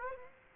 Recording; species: mosquito wingbeat signal from an infrared sensor; Aedes aegypti